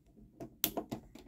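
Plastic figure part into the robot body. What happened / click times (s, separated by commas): A plastic toy part snapped into place / 0.6 s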